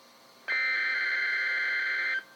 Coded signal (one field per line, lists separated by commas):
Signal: Emergency Alert System (SAME) tones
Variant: header bursts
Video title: EAS #62 - Required Weekly Test